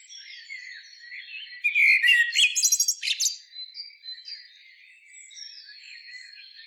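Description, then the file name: Common blackbird producing one loud burst of rapid, buzzy, stuttering twitters lasting about a second and a half, with soft warbling and a steady high whine before and after. "Turdus merula"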